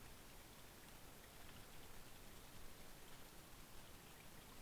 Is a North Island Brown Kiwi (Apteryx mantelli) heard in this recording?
no